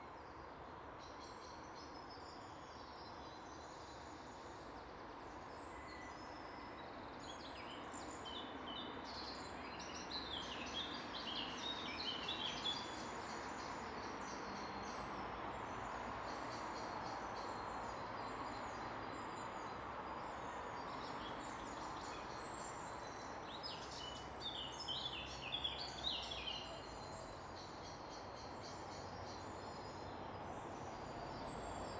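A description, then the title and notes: Steady traffic rumble fills the whole stretch, with busy birdsong chirps and trills rising over it, densest around ten to thirteen and twenty-five seconds. Untitled [beneath Byker bridge]. Traffic and birdsong. Recorded on a bank holiday.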